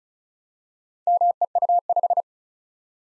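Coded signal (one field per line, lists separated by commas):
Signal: Morse code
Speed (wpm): 36 wpm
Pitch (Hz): 700 Hz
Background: none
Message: MEU5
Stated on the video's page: Morse practice drill of random four-character letter-number groups at 35 wpm, each sent, spoken, then resent for head-copy.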